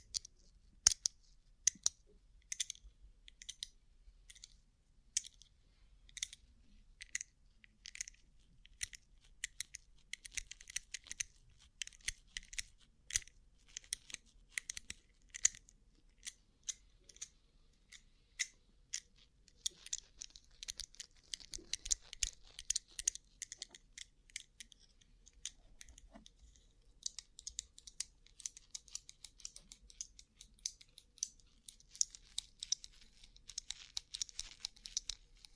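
Rhinestone-covered surfaces tapped in quick, crisp, bright clicks, first spaced then denser and clustered after twenty seconds, over near silence.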